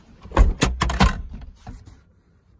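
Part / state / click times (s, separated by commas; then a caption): center console lid latch in the truck console / released / 0.4 s. A finger reaches inside the stuck-closed center console of a 2000 Chevrolet Silverado truck and pushes down on the lid latch. The plastic console lid releases with a sharp knock at 0.4 s, followed by several more knocks and rattles as it opens, then fading handling noise. The latch is released and the lid pops open.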